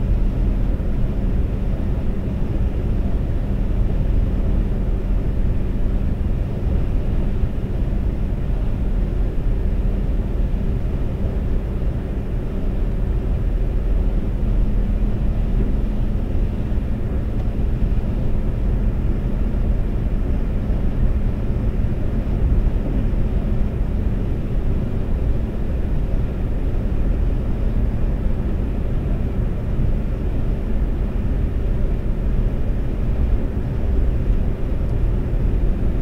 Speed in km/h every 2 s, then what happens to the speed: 130, 130, 130, 130, 130, 130, 129, 129, 130, 130, 130, 130, 130, 130, 130, 130, 130, 130.
0-36 steady at about 130.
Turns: none.